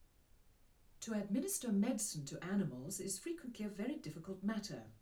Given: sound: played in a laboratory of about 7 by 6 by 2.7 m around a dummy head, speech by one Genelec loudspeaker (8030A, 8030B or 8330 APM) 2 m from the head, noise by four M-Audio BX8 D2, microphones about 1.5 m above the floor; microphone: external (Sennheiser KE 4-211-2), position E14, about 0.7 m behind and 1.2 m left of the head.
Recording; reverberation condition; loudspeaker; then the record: female speech in English; low; 30 degrees to the right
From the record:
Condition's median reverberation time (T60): about 310 ms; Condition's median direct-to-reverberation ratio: about 3.5 dB